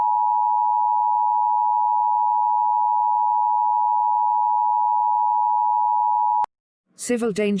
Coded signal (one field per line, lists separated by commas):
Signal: Emergency Alert System (SAME) tones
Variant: 853 and 960 Hz attention tone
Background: speech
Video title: EAS Scenario: Smokey and the Bandit